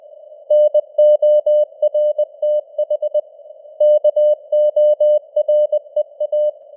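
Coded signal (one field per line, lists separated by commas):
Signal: Morse code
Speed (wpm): 20 wpm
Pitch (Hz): 600 Hz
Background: none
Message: NORTH KOREA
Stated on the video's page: News headlines sent at 20 wpm with simulated radio noise and varying signal strength (QSB).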